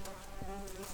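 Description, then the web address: Common carder bee buzzing: a low, steady droning hum with a faint higher whine, holding level throughout the second-long snippet. Worker bees. "bumblebees Pascuorum-workers"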